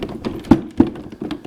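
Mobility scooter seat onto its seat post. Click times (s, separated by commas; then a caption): 0.5 s. A Golden Buzzaround XL GB124A 4-wheel mobility scooter seat is tilted so its male post fitting slides into the seat post, then levelled. A few soft knocks and scrapes lead to a sharp drop-and-lock thud at 0.5 s, followed by further lighter knocks. The seat is seated and locked and no longer rotates freely.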